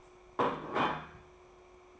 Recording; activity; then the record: daily activity, microphone in the room; place plate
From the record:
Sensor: 1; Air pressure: 1004.4 hPa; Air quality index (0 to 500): 196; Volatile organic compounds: 17 ppm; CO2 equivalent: 2596 ppm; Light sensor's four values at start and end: 4/9/3/3 and 4/9/3/3